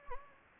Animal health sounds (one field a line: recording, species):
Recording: mosquito wingbeat signal from an infrared sensor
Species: Anopheles gambiae